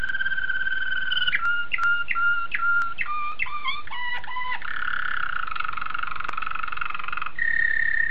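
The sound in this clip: Domestic canary song: an opening trill, then varied phrases of quick repeated notes and short slurred whistles, then a long rolling trill, ending on a clear sustained whistled note.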